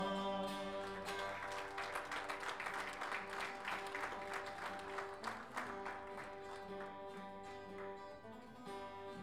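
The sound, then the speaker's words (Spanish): An audience at a contrapunto (sung verse duel) tournament applauds with dense, steady clapping that runs the full length, mixed over sustained instrumental chords. The clapping fades slightly toward the end, and no one speaks. “Aplausos para el arriero que hace a patria y en la altura.”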